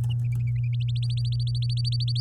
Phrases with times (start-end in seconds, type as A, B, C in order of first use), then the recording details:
0.96-2.21 A. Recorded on 9 May 2018 at 12:17. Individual llb16